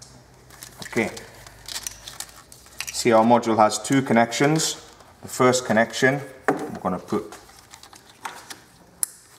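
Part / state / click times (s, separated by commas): tuning box wiring plug into diesel pressure sensor connector / seated / 9.0 s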